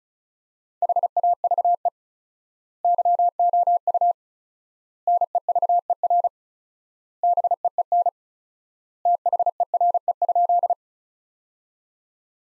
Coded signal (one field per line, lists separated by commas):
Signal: Morse code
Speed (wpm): 36 wpm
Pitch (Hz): 700 Hz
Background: none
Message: HAVE YOU NEVER BEEN THERE?